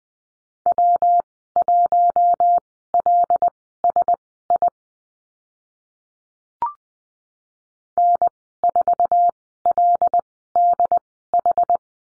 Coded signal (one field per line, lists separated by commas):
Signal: Morse code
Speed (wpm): 19 wpm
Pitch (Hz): 700 Hz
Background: none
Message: W1LSI N4LDH